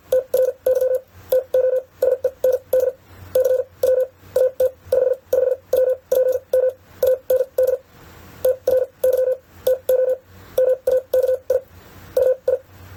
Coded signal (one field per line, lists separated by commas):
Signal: Morse code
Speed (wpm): 51 wpm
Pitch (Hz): 510 Hz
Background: none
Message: TRY TO SEND C W AT 55WPM AND TRY TO MAKI UI